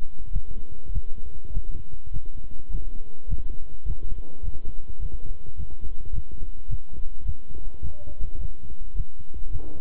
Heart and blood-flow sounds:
heart sounds by stethoscope; between the tricuspid and mitral areas; 104 bpm
0.31 s: heartbeat
0.91 s: heartbeat
1.52 s: heartbeat
2.11 s: heartbeat
2.69 s: heartbeat
3.27 s: heartbeat
3.85 s: heartbeat
4.42 s: heartbeat
4.99 s: heartbeat
5.56 s: heartbeat
6.12 s: heartbeat
6.68 s: heartbeat
7.24 s: heartbeat
7.81 s: heartbeat
8.38 s: heartbeat
8.94 s: heartbeat
9.50 s: heartbeat
From the record:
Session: walking at 3.7 km/h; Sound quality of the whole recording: good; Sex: male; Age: 26 years

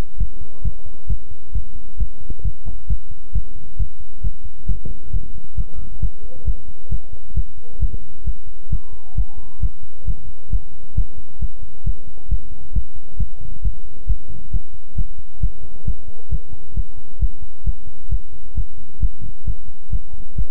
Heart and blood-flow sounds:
heart sounds by stethoscope; between the tricuspid and mitral areas; 134 bpm
0.18 s: heartbeat
0.62 s: heartbeat
1.07 s: heartbeat
1.53 s: heartbeat
1.97 s: heartbeat
2.42 s: heartbeat
2.87 s: heartbeat
3.33 s: heartbeat
3.77 s: heartbeat
4.22 s: heartbeat
4.66 s: heartbeat
5.11 s: heartbeat
5.55 s: heartbeat
6.00 s: heartbeat
6.45 s: heartbeat
6.89 s: heartbeat
7.34 s: heartbeat
7.79 s: heartbeat
8.24 s: heartbeat
8.70 s: heartbeat
9.15 s: heartbeat
9.60 s: heartbeat
10.05 s: heartbeat
10.50 s: heartbeat
10.95 s: heartbeat
11.39 s: heartbeat
11.84 s: heartbeat
12.29 s: heartbeat
12.73 s: heartbeat
13.17 s: heartbeat
13.62 s: heartbeat
14.07 s: heartbeat
14.51 s: heartbeat
14.95 s: heartbeat
15.40 s: heartbeat
15.85 s: heartbeat
16.29 s: heartbeat
16.74 s: heartbeat
17.19 s: heartbeat
17.64 s: heartbeat
18.09 s: heartbeat
18.55 s: heartbeat
19.00 s: heartbeat
19.45 s: heartbeat
19.90 s: heartbeat
20.36 s: heartbeat
From the record:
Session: pedaling a stationary bicycle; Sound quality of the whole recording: good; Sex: male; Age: 24 years

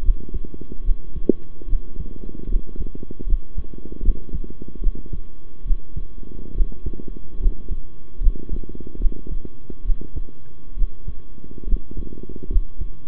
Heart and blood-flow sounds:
heart sounds by stethoscope; between the tricuspid and mitral areas; 72 bpm
0.02 s: heartbeat
0.83 s: heartbeat
1.67 s: heartbeat
2.48 s: heartbeat
3.26 s: heartbeat
4.02 s: heartbeat
4.81 s: heartbeat
5.65 s: heartbeat
6.54 s: heartbeat
7.39 s: heartbeat
8.20 s: heartbeat
8.99 s: heartbeat
9.84 s: heartbeat
10.76 s: heartbeat
11.66 s: heartbeat
12.49 s: heartbeat
From the record:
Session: rest, sitting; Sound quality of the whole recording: good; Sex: male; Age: 23 years

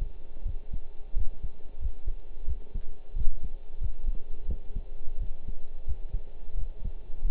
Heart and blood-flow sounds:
heart sounds by stethoscope; between the tricuspid and mitral areas; 88 bpm
0.45 s: heartbeat
1.16 s: heartbeat
1.81 s: heartbeat
2.47 s: heartbeat
3.16 s: heartbeat
3.81 s: heartbeat
4.48 s: heartbeat
5.20 s: heartbeat
5.87 s: heartbeat
6.57 s: heartbeat
7.24 s: heartbeat
From the record:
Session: pedaling a stationary bicycle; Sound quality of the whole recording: partially saturated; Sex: male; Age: 23 years

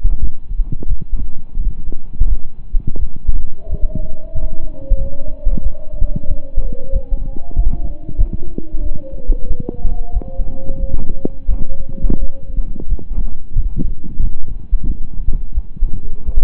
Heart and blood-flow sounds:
heart sounds by stethoscope; between the tricuspid and mitral areas; 90 bpm
0.18 s: heartbeat
0.86 s: heartbeat
1.54 s: heartbeat
2.26 s: heartbeat
2.96 s: heartbeat
3.67 s: heartbeat
4.32 s: heartbeat
4.96 s: heartbeat
5.61 s: heartbeat
6.26 s: heartbeat
6.90 s: heartbeat
7.54 s: heartbeat
8.16 s: heartbeat
8.80 s: heartbeat
9.45 s: heartbeat
10.11 s: heartbeat
10.78 s: heartbeat
11.47 s: heartbeat
12.17 s: heartbeat
12.86 s: heartbeat
13.53 s: heartbeat
14.18 s: heartbeat
14.84 s: heartbeat
15.52 s: heartbeat
16.24 s: heartbeat
From the record:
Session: slow and fast walking with breaks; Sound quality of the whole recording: saturated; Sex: male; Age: 25 years

